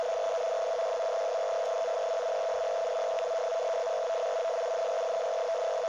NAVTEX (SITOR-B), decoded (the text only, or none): AND 16 SEP-31 DEC 22 FROM SUNRISE